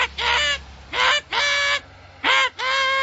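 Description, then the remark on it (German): A voice imitates a car horn with five loud, nasal honking blasts in an uneven rhythm, the last two coming in quick succession, with no other sounds around them. “Ja, hup nur, ich werde auch hupen.”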